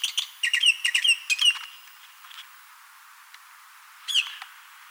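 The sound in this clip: Bird calls: a quick series of bright chirps, a pause, then one sharp sweeping note.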